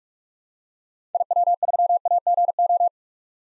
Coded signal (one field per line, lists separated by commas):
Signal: Morse code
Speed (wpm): 45 wpm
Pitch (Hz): 700 Hz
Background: none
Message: IW3AGO